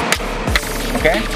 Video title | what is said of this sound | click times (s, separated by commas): CARA GANTI SHOCKBREKER BELAKANG ALL NEW TERIO - ALL NEW RUSH | ya sekarang setelah kita kencengin semua bautnya sekarang kita torsi juga ya supaya pengencangannya Sesuai dengan standar ya Sampai bunyi klik ya oke | 0.1 s, 0.6 s